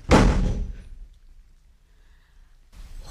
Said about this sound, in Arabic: وأغلق عليه الباب